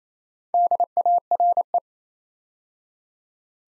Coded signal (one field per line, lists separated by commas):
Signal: Morse code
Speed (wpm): 27 wpm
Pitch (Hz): 700 Hz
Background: none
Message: DARE